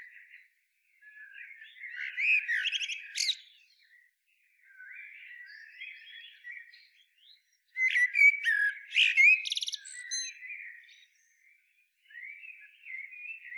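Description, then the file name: Common blackbird song with two loud phrases, each a low fluty warble rising into a scratchy high-pitched twitter, with softer warbling between them. "Turdus merula"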